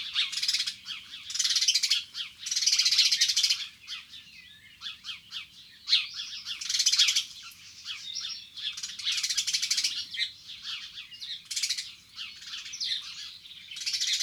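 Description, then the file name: House sparrow chirping in dense bursts of bright chirps that swell and fade at irregular intervals, a busy chattering. "Moineau domestique"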